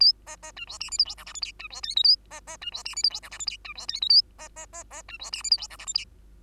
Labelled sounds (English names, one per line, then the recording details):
Bengalese Finch song
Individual Bird2